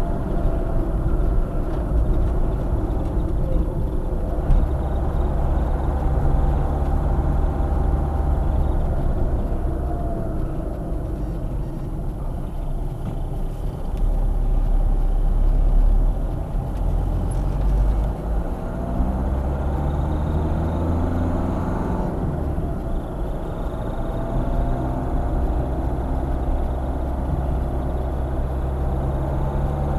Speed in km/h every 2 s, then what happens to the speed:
52, 50, 52, 51, 37, 19, 13, 14, 23, 36, 41, 45, 46, 47, 53.
0-6 steady at about 51. 6-13 brakes to 13. 13-30 speeds up to 53.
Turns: 10-15.